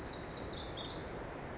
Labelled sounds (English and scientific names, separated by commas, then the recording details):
Pacific Wren (Troglodytes pacificus)
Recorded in Sonoma County, California